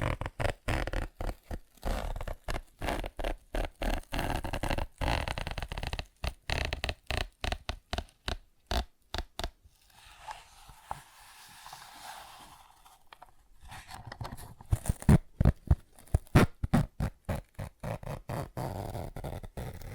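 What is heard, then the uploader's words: Rapid, regular tapping and scratching runs through the first ten seconds, gives way to a softer, hissy scraping, then sharp uneven taps return. ASMR Tapping, Scratching & Zipper Sounds.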